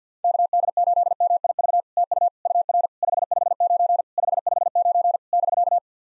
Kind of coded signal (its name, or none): Morse code